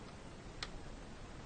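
On a Volvo 850, during mass air flow sensor replacement, a part is refitted onto the intake near the mass air flow sensor. Against a steady background hiss, a single sharp click sounds at 0.6 s as the part snaps into place, and it is confirmed seated.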